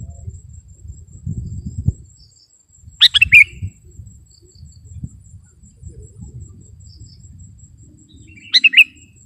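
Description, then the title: Sooty-headed bulbul, two brief liquid chirping phrases several seconds apart, partly set against steady low rumbling noise. "kutilang"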